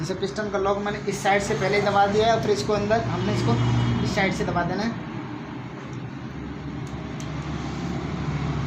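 Someone talks while handling a metal piston pin lock (circlip) for the piston of a Hero Splendor Pro motorcycle engine, with one side already pressed into its groove and the second side about to be pressed in. Speech dominates the first five seconds, followed by quieter background noise. Nothing has seated or clicked yet.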